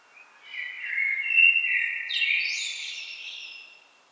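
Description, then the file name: Common blackbird delivering a long melodious phrase, low whistled notes rising into a thin, wheezy twittering tail. "Turdus merula"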